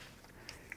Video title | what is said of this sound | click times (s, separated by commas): Audi S5 Water Pump & Thermostat Replacement DIY (2018-2024 Audi B9 S4, S5 Sportback, SQ5) - Part Two | clicks into place right there. | 0.7 s